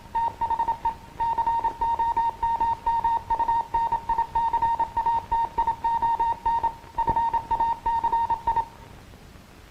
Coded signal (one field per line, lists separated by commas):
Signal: Morse code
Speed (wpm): 27 wpm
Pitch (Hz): 920 Hz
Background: music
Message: THE COMMUNICATION FACI